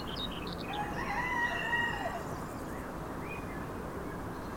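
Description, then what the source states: Rooster crow, a single drawn-out harmonic call lasting about a second and a half, preceded by quick high chirps over steady low background noise. Roosters in a background ambience recording.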